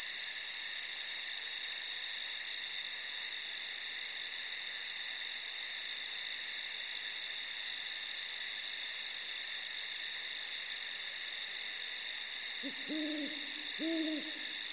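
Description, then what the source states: Crickets chirping in a dense, continuous high trill, with two short low calls near the end. Night nature recording.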